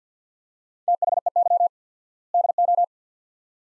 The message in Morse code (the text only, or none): THEY DO